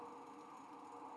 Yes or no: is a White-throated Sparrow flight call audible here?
no